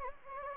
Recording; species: mosquito wingbeat signal from an infrared sensor; Anopheles gambiae